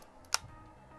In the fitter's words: that I click means it's on you don't need to turn it anymore than that it's on alright okay